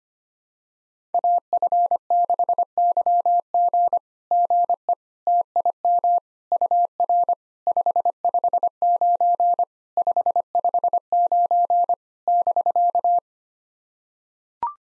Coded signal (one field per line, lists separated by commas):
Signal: Morse code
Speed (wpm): 25 wpm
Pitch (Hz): 700 Hz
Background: none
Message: AF6YG GE TIM UR 559 559 <BK>